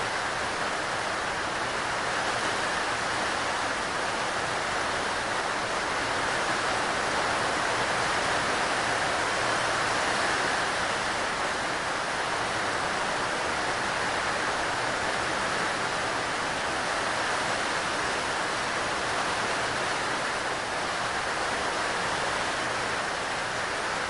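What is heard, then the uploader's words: Heavy rain pours onto a roof in a dense, unbroken hiss that holds steady for the whole stretch. The sound is full and bright, packed with countless fine drops, with a soft low rumble underneath and no distinct individual hits or pauses. Hard Rain: A Soothing Sound from Hitting A Roof. Hard rain sounds.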